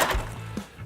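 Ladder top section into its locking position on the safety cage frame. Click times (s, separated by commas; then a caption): 0.6 s. The top section of a fibreglass compact safety cage ladder from Little Giant Ladders Australia swings down into its locking position on the safety cage frame after one half of the ladder is pulled towards the operator. A single knock-like hit at 0.6 s is heard over a low steady hum, and the section locks into place.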